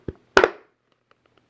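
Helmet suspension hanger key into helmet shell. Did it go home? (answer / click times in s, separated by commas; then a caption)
yes / 0.4 s. A plastic suspension hanger key that crosses the width of a hard-hat helmet is slid into the shell with its tabs facing inward and pushed until it snaps in. A light tap sounds at 0.1 s, then a loud, sharp snap at 0.4 s with a quick second hit right after, followed by a few faint ticks. The key is seated in the helmet shell.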